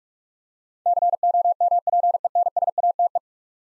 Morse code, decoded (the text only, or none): COMPENSATE